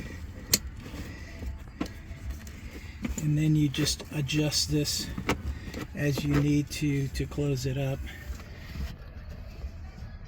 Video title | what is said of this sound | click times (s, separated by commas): STOP Wasting Space! Cybertruck Rear Under Seat with This 1 Trick | then snap in place here | 0.5 s